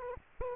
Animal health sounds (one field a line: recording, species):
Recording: mosquito wingbeat signal from an infrared sensor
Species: Aedes aegypti